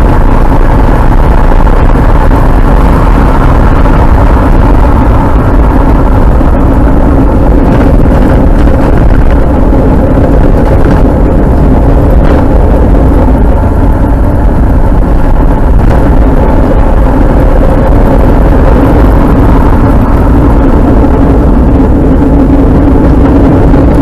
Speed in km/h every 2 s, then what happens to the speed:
73, 70, 56, 40, 35, 33, 39, 48, 51, 54, 41, 35.
0-11 brakes to 33. 11-18 speeds up to 54. 18-24 brakes to 35.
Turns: 5-17.